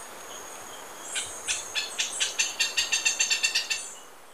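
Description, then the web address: Lineated Foliage-gleaner song: a speeding-up run of many dry, rasping high notes, then stopping abruptly. Ecuador. "Birds of Ecuador. Lineated Foliage-gleaner"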